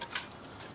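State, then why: Seated. A small tab on the plastic timing belt cover of a Subaru engine is lined up with its locating hole and the cover is pressed down firmly. Two short, sharp clicks are heard at 0.0 s and 0.2 s as the tab pops into place. The cover is seated.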